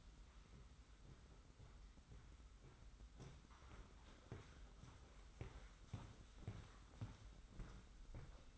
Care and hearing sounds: daily activity, microphone in the room; walk to room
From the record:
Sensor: 3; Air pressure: 991.1 hPa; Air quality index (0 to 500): 103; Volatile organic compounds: 39 ppm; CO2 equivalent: 3126 ppm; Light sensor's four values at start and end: 44/123/50/44 and 40/114/46/40

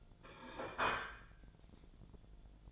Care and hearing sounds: daily activity, microphone in the room; place plate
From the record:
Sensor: 5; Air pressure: 1009.5 hPa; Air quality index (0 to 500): 168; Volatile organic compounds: 4 ppm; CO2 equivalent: 1634 ppm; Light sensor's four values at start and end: 97/256/104/110 and 97/258/105/111

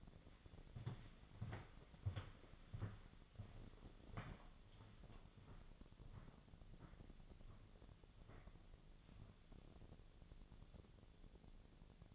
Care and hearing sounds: daily activity, microphone in the room; walk to room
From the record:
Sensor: 4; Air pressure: 1000.8 hPa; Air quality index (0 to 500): 124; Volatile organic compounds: 1 ppm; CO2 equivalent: 933 ppm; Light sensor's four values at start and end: 46/114/48/53 and 50/123/51/57

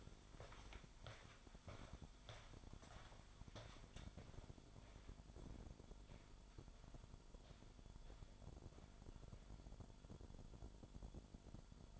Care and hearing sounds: daily activity, microphone in the room; walk to room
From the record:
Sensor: 5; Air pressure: 1008.3 hPa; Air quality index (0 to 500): 122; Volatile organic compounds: 1 ppm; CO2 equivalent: 944 ppm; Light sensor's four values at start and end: 40/77/36/41 and 35/82/33/32

